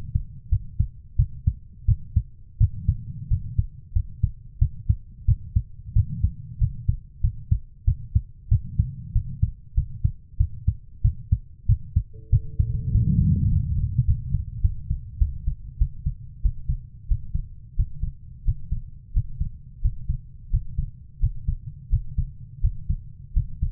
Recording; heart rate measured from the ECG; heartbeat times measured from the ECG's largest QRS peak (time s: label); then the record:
heart sounds by stethoscope; 92 bpm
0.49 s: heartbeat
1.16 s: heartbeat
1.86 s: heartbeat
2.58 s: heartbeat
3.28 s: heartbeat
3.93 s: heartbeat
4.59 s: heartbeat
5.25 s: heartbeat
5.93 s: heartbeat
6.59 s: heartbeat
7.21 s: heartbeat
7.85 s: heartbeat
8.49 s: heartbeat
9.13 s: heartbeat
9.75 s: heartbeat
10.37 s: heartbeat
11.02 s: heartbeat
11.66 s: heartbeat
12.30 s: heartbeat
12.92 s: heartbeat
13.49 s: heartbeat
14.05 s: heartbeat
14.61 s: heartbeat
15.18 s: heartbeat
15.78 s: heartbeat
16.42 s: heartbeat
17.08 s: heartbeat
17.76 s: heartbeat
18.45 s: heartbeat
19.13 s: heartbeat
19.81 s: heartbeat
20.50 s: heartbeat
21.20 s: heartbeat
21.89 s: heartbeat
22.61 s: heartbeat
23.33 s: heartbeat
From the record:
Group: healthy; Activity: rest 0-14 s, breath hold 14-24 s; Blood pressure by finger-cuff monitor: 118/66 mmHg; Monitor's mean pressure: 86 mmHg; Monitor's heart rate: 91 bpm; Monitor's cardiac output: 7.9 L/min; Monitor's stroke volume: 87 mL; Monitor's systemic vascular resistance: 780 dyn s/cm5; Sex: female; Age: 24 years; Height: 163 cm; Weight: 55.7 kg